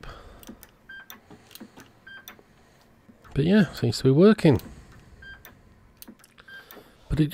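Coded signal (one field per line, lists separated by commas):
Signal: none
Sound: roger beep tones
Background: speech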